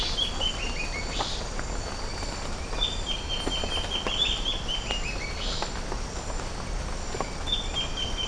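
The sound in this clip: Bird calls: several quick descending runs of high whistled notes. Rushing background noise continues throughout.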